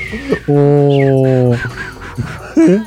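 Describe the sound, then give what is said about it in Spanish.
A pet bird lets out a long, wheezy, strained squawk lasting about a second, followed by rougher raspy calls and a final sharp squawk, with faint voices in between. “Tiene asma tu pájaro.”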